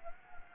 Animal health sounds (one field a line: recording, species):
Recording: mosquito wingbeat signal from an infrared sensor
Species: Anopheles gambiae